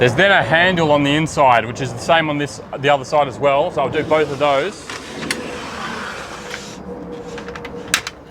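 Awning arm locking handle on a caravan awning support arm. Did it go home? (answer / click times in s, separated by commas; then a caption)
yes / 7.9 s. On a Jayco manual caravan awning, the locking handle on the inside of the support arm is worked and pushed until it locks into place. Someone talks for the first few seconds, then handling clatter and small knocks lead to a sharp click at 7.9 s as the handle locks into place.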